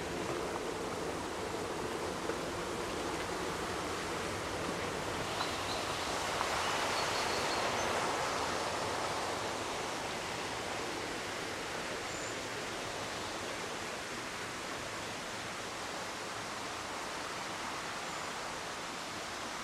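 Water rushes steadily through a sandstone landscape, a dense, continuous hiss with a low rumble underneath. Around seven seconds the flow swells slightly brighter and louder, then settles back to an even, unbroken wash for the rest of the clip.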